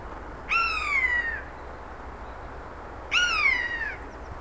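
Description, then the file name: Eurasian jay giving two drawn-out, slightly descending mewing calls, each under a second long and about two and a half seconds apart, over steady low background hiss. "Garrulus glandarius"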